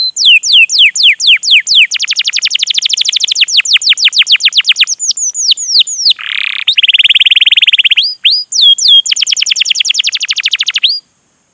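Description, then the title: Canary song of rapid repeated trills and downslurred whistled notes, switching tours every couple of seconds, with a brief harsh buzzy burst midway. Long, continuous chatty (gacor panjang) song, used as a lure (pancingan) to prompt a canary to sing and as tutoring (masteran) material. "PANCINGAN Kenari GACOR PANJANG. Pancingan Gacor Masteran"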